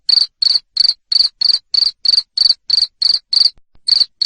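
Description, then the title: Cricket chirps, sharp and high, repeated about three times a second with a short break near the end. Loud cricket chirping played to stimulate lovebirds to keep singing. "Suara JANGKRIK NGERIK Keras Bikin LOVEBIRD Jadi NGEKEK Terus"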